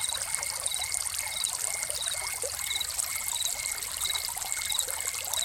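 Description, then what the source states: Cricket chirps, short steady pulsed trills repeating at regular intervals over constant trickling and splashing water from a fountain. Crickets recorded together with a fountain.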